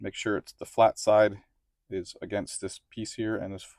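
A plastic pilot jet is being handled to go back into the carburetor body of an Ariens snowblower, with its flat side lined up against the mating piece. Someone talks throughout, and no distinct click is heard. The jet has not yet seated or clicked into place.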